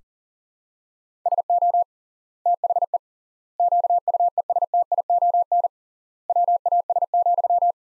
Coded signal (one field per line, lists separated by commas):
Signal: Morse code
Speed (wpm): 40 wpm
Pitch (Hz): 700 Hz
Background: none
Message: SO THE QUESTION WAS,